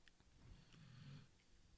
The dog snoring in the background. He's really loud. It's just got a deep bass in the background.